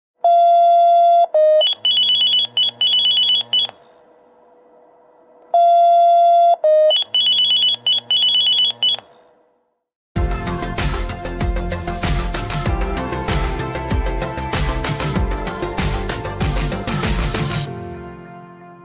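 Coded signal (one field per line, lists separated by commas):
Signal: pager alert tone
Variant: Motorola Minitor V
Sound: a long steady tone, then a rapid high beeping alert, played twice, then music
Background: music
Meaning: Alerts emergency service members to a call-out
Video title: Motorola Minitor V Ringtone [WITH FREE DOWNLOAD LINK]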